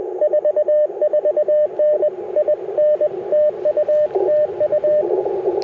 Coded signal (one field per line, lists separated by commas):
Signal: Morse code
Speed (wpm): 22 wpm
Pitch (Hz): 600 Hz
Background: radio noise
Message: 44N IN TU TU